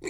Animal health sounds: pig call; weaner (32 to 43 days)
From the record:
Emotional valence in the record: negative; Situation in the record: long isolation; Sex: female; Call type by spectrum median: low-frequency call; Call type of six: high-frequency stable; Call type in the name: high-frequency stable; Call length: 0.09 s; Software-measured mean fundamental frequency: 69 Hz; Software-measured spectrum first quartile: 363 Hz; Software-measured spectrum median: 1002 Hz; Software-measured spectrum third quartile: 3507 Hz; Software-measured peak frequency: 365 Hz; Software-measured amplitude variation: 153 dB a second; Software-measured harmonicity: 5.7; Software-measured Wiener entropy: -3.85

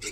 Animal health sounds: pig call; weaner (32 to 43 days)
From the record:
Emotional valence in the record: negative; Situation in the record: novel object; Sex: female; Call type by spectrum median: high-frequency call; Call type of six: high-frequency stable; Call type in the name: high-frequency stable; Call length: 0.12 s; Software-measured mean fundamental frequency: 358 Hz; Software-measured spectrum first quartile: 1606 Hz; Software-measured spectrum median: 3921 Hz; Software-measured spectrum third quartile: 6615 Hz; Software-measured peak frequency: 411 Hz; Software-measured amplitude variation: 88 dB a second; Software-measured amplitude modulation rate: 4.1 a second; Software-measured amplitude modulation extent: 21.5 dB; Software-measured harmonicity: 1.0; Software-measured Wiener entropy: -1.76

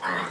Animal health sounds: pig call; piglet (1 to 25 days)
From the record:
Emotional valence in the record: negative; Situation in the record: missed nursing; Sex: male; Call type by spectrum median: low-frequency call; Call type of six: low-frequency tonal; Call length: 0.31 s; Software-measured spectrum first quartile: 840 Hz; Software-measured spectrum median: 1290 Hz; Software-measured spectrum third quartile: 1863 Hz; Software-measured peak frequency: 957 Hz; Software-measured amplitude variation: 87 dB a second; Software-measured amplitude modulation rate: 27.8 a second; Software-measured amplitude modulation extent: 3.1 dB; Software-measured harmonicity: -0.1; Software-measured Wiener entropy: -0.72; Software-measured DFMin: 884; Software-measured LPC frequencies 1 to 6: 1057, 1838, 3077, 3684, 4426, 5116 Hz

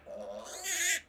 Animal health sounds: pig call; piglet (1 to 25 days)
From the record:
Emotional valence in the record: negative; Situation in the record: restrain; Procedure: back test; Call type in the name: high-frequency call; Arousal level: low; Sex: male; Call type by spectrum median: high-frequency call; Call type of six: mixed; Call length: 1.09 s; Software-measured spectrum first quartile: 1968 Hz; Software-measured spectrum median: 4333 Hz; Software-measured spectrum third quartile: 7154 Hz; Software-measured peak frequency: 2009 Hz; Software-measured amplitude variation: 130 dB a second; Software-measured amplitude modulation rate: 20.5 a second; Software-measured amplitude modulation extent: 6.3 dB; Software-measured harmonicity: 2.8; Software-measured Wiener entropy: -2.79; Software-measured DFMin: 1318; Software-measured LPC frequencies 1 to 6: 634, 1826, 2181, 3547, 4586, 5578 Hz

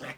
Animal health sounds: pig call; piglet (1 to 25 days)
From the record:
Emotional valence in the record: negative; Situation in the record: restrain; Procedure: sham castration, fixation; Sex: male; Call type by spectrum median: low-frequency call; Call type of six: low-frequency tonal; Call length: 0.18 s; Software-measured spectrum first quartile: 498 Hz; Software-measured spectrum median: 1292 Hz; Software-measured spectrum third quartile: 2221 Hz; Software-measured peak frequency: 569 Hz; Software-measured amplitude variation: 147 dB a second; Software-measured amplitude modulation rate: 8.4 a second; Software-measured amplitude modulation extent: 17.4 dB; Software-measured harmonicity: -1.0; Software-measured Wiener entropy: -0.76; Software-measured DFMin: 890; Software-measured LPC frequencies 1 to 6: 618, 2035, 3375, 4830, 5551, 7112 Hz

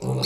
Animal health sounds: pig call; weaner (32 to 43 days)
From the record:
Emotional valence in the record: negative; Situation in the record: short isolation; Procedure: open field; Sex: female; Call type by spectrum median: low-frequency call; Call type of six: mixed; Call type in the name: high-frequency modulated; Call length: 0.26 s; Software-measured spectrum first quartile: 229 Hz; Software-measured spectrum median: 1019 Hz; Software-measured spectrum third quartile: 4468 Hz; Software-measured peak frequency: 444 Hz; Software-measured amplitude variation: 99 dB a second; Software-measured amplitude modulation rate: 26.9 a second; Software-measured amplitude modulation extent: 3.7 dB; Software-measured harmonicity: 1.5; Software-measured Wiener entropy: -4.59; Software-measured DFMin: 1273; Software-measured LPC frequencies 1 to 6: 366, 844, 2424, 4265, 4573, 5505 Hz

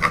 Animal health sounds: pig call; piglet (1 to 25 days)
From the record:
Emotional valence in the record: positive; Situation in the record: reunion after long isolation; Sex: male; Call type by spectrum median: low-frequency call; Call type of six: low-frequency tonal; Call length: 0.11 s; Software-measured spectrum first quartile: 985 Hz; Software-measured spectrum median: 1427 Hz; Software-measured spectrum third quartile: 2134 Hz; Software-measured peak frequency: 1144 Hz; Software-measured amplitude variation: 157 dB a second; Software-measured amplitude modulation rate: 4.5 a second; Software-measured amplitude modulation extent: 35.0 dB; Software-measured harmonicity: 2.4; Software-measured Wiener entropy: -1.33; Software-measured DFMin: 619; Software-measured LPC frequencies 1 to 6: 1182, 2014, 3769, 4733, 5279, 6136 Hz

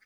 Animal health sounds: pig call; piglet (1 to 25 days)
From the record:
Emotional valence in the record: positive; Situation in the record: reunion after long isolation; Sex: male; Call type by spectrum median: low-frequency call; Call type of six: low-frequency tonal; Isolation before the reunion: 8 minutes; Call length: 0.05 s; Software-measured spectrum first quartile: 1838 Hz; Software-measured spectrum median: 2192 Hz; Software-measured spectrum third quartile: 4476 Hz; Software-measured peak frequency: 2004 Hz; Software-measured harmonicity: 6.8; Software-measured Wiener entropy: -2.20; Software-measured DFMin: 601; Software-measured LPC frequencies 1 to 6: 1829, 2106, 3277, 4862, 6086, 7106 Hz

